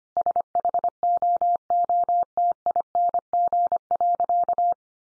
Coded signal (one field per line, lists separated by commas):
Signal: Morse code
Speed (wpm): 25 wpm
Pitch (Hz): 700 Hz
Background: none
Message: SHOOTING.